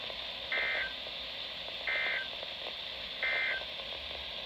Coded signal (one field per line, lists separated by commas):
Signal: Emergency Alert System (SAME) tones